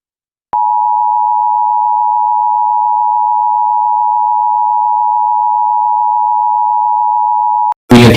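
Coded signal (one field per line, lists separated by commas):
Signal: Emergency Alert System (SAME) tones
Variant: 853 and 960 Hz attention tone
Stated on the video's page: Fictional virus outbreak EAS scenario, made as a college project.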